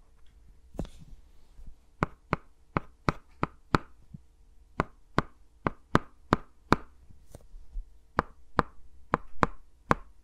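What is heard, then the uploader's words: Fingers tap and click around the mics in quick, sharp strikes, each one crisp and bright. The taps come in evenly spaced runs of five or six, separated by short pauses, over a faint, steady low hum. ASMR with Mics Around My Fingers (No Talking).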